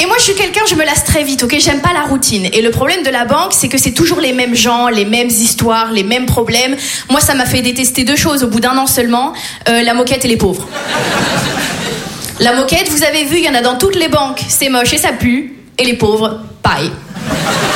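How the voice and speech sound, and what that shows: A 26-year-old woman delivers a fluent, lively French comic monologue in clear, normal speech, with a brief burst of audience laughter.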